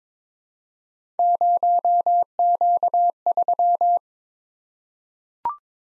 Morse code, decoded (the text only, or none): 0Q3